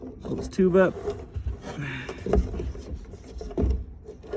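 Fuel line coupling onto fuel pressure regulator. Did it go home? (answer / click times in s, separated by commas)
yes / 3.6 s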